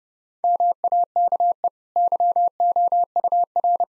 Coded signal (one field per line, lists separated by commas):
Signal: Morse code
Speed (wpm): 32 wpm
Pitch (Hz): 700 Hz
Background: none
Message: MAKE YOUR